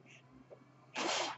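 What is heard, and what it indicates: A quiet pause, then a short, loud hissing whoosh of air as a home mechanical ventilator delivers a breath.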